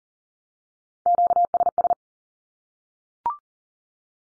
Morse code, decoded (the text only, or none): QSS